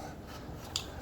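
A bike lock is released from its plastic bracket mounted on the bike frame after a small tab on the bracket is pulled down. A soft rubbing, scraping sound runs through the clip, and a sharp click at 0.8 s marks the lock coming free of the mount.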